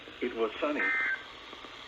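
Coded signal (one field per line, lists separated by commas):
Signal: Emergency Alert System (SAME) tones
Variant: end-of-message bursts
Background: speech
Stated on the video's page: NOAA Weather Radio required weekly tests received on nine weather radios from three stations.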